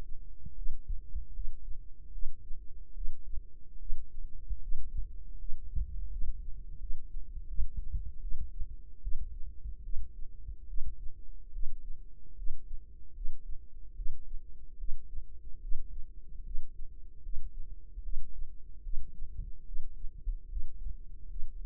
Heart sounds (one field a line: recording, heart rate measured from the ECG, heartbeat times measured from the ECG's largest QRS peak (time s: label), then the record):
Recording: heart sounds by microphone in the right ear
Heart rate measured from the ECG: 75 bpm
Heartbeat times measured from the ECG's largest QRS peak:
0.53 s: heartbeat
1.31 s: heartbeat
2.10 s: heartbeat
2.92 s: heartbeat
3.77 s: heartbeat
4.59 s: heartbeat
5.36 s: heartbeat
6.08 s: heartbeat
6.77 s: heartbeat
7.46 s: heartbeat
8.19 s: heartbeat
9.00 s: heartbeat
9.81 s: heartbeat
10.65 s: heartbeat
11.50 s: heartbeat
12.34 s: heartbeat
13.12 s: heartbeat
13.93 s: heartbeat
14.76 s: heartbeat
15.59 s: heartbeat
16.42 s: heartbeat
17.21 s: heartbeat
18.01 s: heartbeat
18.81 s: heartbeat
19.63 s: heartbeat
20.47 s: heartbeat
21.26 s: heartbeat
From the record:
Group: healthy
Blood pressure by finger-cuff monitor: 92/62 mmHg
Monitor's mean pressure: 71 mmHg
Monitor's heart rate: 74 bpm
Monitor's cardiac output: 5.6 L/min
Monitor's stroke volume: 75 mL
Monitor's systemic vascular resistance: 900 dyn s/cm5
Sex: female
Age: 19 years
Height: 163 cm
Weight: 51 kg